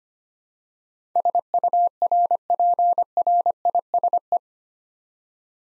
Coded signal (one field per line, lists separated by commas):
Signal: Morse code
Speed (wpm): 25 wpm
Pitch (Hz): 700 Hz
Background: none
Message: SURPRISE